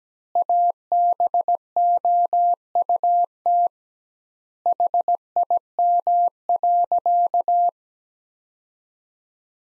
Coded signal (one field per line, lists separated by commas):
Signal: Morse code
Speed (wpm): 17 wpm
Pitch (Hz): 700 Hz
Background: none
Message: ABOUT HIM.